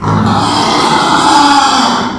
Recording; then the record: squeal of a Yucatan mini pig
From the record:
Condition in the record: after surgery on the right vocal fold (resection and tissue-engineered implant); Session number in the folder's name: 16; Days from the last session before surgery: 183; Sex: female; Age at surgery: 19 weeks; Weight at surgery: 25 kg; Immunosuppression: prednisolone